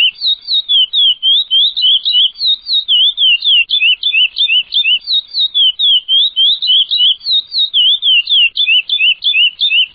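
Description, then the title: Chestnut-bellied seed finch song, a continuous run of clear, rapid whistled notes that slur up and down, about three or four each second, on a silent background. "Canto Do Curio"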